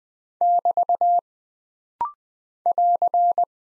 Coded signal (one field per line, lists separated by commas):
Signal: Morse code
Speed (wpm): 20 wpm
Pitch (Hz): 700 Hz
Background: none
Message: <BT> <AR>